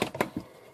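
Under a sink, a faucet's supply hoses are being handled and pushed toward the plastic quick-connect fittings on the faucet body line. Two short, sharp plastic taps land at about 0.0 and 0.2 seconds, followed by a softer knock near 0.4 seconds and then quiet. Nothing has seated or clicked home yet.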